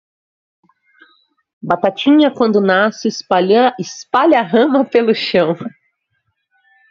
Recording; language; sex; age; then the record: short text; Brazilian Portuguese; female; 30 to 39 years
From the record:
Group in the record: control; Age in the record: 38 years